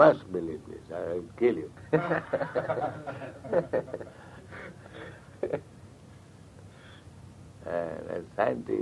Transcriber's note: laughter